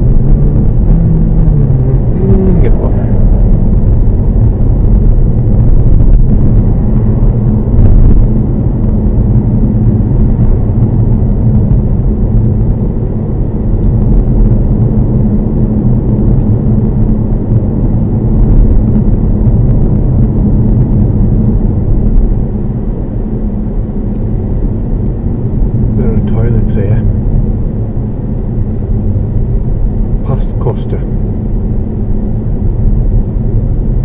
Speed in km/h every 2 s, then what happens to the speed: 37, 35, 39, 42, 40, 37, 39, 44, 42, 40, 37, 34, 32, 29, 31, 31, 29.
0-11 steady at about 37. 11-15 speeds up to 44. 15-26 slows to 29. 26-34 steady at about 29.